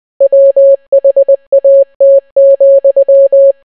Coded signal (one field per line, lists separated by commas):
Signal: Morse code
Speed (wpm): 20 wpm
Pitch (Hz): 550 Hz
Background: none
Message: WHAT,